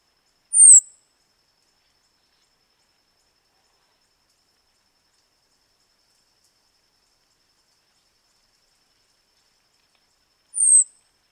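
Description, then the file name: Moss-backed tanager calls: two brief, very high, thin downslurred notes, one near the start and one about ten seconds later, with silence between. "Moss beaked Tanager"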